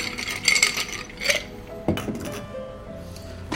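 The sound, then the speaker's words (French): A barman drops ice cubes into a slightly chilled mixing glass at Harris Bar while making a vesper cocktail. The cubes clatter and clink in a few bright, sharp bursts, followed by lighter rattling as they settle, with no voices. “Des glaçons.”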